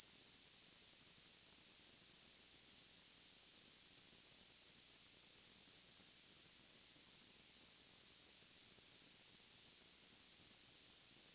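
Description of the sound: A steady, very high-pitched whistle, roughly 10 kHz, rings without change for about 11 seconds over a faint high hiss. This is a simulated tinnitus sound, imitating the constant high ringing a person with tinnitus perceives.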